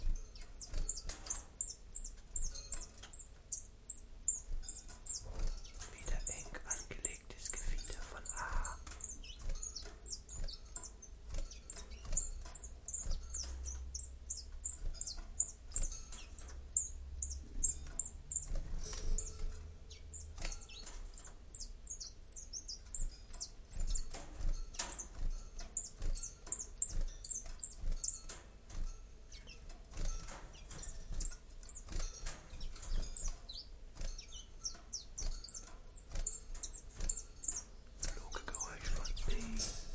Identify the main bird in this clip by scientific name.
Phylloscopus collybita